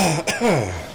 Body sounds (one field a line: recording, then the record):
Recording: coughing mixed with background sound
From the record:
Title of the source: Dry Afternoon Cough